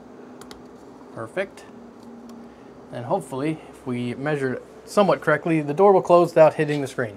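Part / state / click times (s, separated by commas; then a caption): 3D-printed plastic screen clip into PC case mount / seated / 0.4 s, 0.5 s. A 3D-printed plastic C-clip holding a small OLED screen is pressed in between two parts of a PC case mount during test fitting, giving two quick, sharp plastic snaps at 0.4 s and 0.5 s as it seats. Someone then talks over a quiet background.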